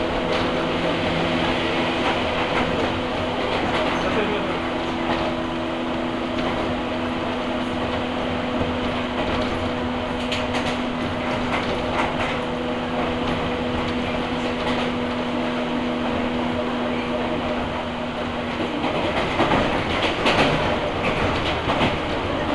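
A ride aboard an Ohmi Railway train between Takamiya, Hikone and Yokaichi, with a steady low rumble and a constant motor hum running throughout. Faint voices come and go, and clattering jolts stand out around ten seconds and again near twenty seconds.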